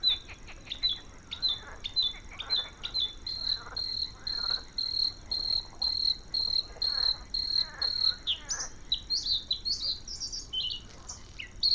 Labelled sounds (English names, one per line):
Bluethroat song